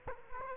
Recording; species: mosquito wingbeat signal from an infrared sensor; Culex quinquefasciatus